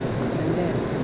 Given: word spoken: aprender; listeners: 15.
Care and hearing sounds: one Spanish word in noise, from a listening test; speech-shaped noise; -4.3 dB; 2 of 15; 6 of 15; 0.64 s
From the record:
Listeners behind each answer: 6, 3, 3, 2, 1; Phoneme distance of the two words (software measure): 24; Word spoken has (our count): 3 syllables, 8 phonemes, stress on syllable 3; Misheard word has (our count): 2 syllables, 6 phonemes, stress on syllable 2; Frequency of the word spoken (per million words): 39.04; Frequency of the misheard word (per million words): 35.02

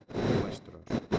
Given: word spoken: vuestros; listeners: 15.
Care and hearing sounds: one Spanish word in noise, from a listening test; noise modulated by one talker; -10.6 dB; 4 of 15; 9 of 15; 0.79 s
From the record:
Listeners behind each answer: 9, 4, 1, 1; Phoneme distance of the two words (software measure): 10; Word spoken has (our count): 2 syllables, 8 phonemes, stress on syllable 1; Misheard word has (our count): 2 syllables, 8 phonemes, stress on syllable 1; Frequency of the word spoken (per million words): 6.03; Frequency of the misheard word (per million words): 175.59

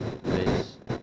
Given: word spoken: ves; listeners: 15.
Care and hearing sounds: one Spanish word in noise, from a listening test; noise modulated by one talker; -7.8 dB; 2 of 15; 9 of 15; 0.63 s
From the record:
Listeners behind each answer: 9, 2, 1, 1, 1, 1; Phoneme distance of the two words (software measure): 17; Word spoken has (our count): 1 syllable, 3 phonemes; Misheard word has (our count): 1 syllable, 4 phonemes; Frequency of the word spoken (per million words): 31.61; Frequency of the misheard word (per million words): 718.03

